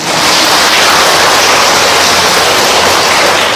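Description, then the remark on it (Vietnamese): An audience at a Buddhist dharma talk applauds the teacher steadily, a dense, even wash of many hands clapping that stays loud for several seconds without any voices over it. “Ở dưới đây nói thưa sư đúng quá, cho tràng pháo tay.”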